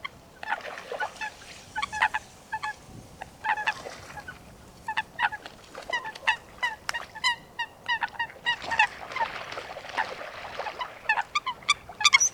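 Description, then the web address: Eurasian coot calls, many short sharp harmonic notes in busy bursts. "Foulque macroule - Fulica atra. Audrey Beauduc"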